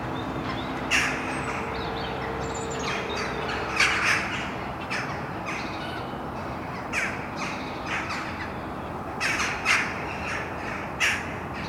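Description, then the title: Bird calls, rough and scratchy, heard in scattered clusters with short pauses, over a steady low background rumble. Birds recorded at Mariahoeve, The Hague, Netherlands, using a Sony PCM D50. "Mariahoeve, Den Haag, Nederland - Vogels mariahieve"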